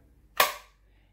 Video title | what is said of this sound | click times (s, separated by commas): Vedder or Stealthgear? | snaps right in and it covers the trigger guard and I | 0.4 s